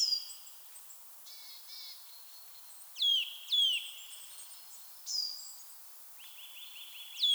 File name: Sitta europaea